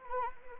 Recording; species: mosquito wingbeat signal from an infrared sensor; Anopheles arabiensis